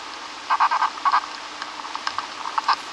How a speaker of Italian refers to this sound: E ora, Federico, ascoltiamo delle formiche.